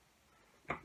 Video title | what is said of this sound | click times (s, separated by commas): SPOMB SPRING REPAIR AND UPGRADE | there we go did you hear that click | 0.7 s